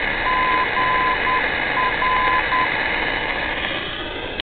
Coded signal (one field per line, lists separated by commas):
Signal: Morse code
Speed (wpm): 10 wpm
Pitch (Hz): 1020 Hz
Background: none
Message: GR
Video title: Unknown Beacon